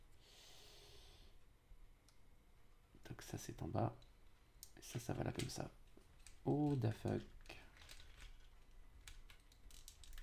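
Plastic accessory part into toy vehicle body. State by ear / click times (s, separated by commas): seated / 9.1 s, 9.9 s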